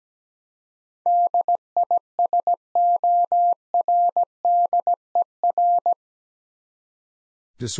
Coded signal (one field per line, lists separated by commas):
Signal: Morse code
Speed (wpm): 17 wpm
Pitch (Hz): 700 Hz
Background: none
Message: DISORDER